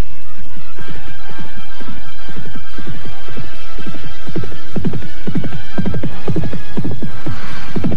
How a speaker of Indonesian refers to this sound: Dan beberapa saat saja tanpa dapat dicegah, kedua pengantin itu telah berderap menjauhi desa Kalibagor.